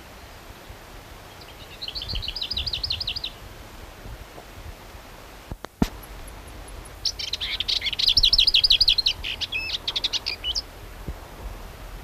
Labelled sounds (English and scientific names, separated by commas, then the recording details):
Lesser Whitethroat (Sylvia curruca) song
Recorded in the wild
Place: Krombachtalsperre, DE
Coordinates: 50.6217, 8.12722
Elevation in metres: 530
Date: 1964-04-25
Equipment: Uher Report 4000, AKG D190
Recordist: Krey, Winfried